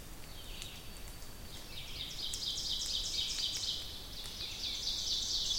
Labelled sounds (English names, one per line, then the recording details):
Ovenbird song
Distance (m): 55 m
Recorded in boreal forest in Alberta, Canada, on 2 June 2016 at 06:10
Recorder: SongMeter 3, array SBT-3-7
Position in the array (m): 47 m, 150 m
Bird 4